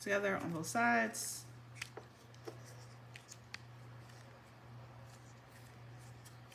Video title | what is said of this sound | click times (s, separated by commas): Goody Custom Detangle Brush - Denman Brush Alternative? - How to customize your detangling brush | okay so it doesn't snap together but that just seems to like sit in there | none